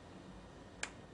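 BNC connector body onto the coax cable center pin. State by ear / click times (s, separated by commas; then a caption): seated / 0.8 s. A BNC connector end is pushed over the crimped center pin of a coaxial CCTV cable. After a low, steady background, a single sharp click comes at 0.8 s as the connector body seats onto the pin.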